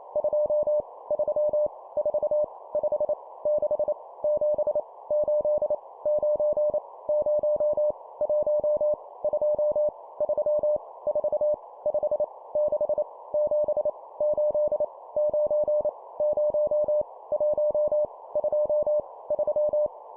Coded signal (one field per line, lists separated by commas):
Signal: Morse code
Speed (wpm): 28 wpm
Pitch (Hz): 600 Hz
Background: none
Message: 2 3 4 5 6 7 8 9 0 1 2 3 4 5 6 7 8 9 0 1 2 3